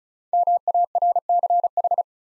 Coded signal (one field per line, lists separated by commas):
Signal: Morse code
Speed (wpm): 36 wpm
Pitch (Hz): 700 Hz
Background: none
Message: MARCH